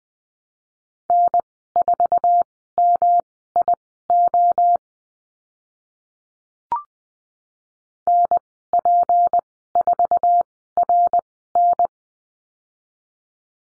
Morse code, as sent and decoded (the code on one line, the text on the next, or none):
-. ....- -- .. --- / -. .--. ....- .-. -.
N4MIO NP4RN